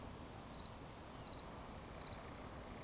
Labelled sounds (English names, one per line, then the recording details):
Eurasian Woodcock whistle
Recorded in Baden-Württemberg, Germany, on 11 June 2020 at 20:15 UTC
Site 24578, 122 m above sea level